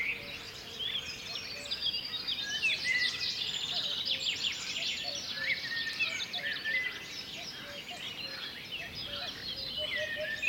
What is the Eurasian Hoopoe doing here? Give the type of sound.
song